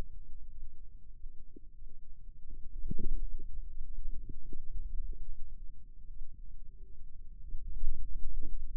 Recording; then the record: forearm muscle sounds (acoustic myography)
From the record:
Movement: radial deviation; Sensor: system 2, bracelet of six BSWA MPA416 microphones around the upper forearm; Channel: 5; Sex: female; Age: 25 years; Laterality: right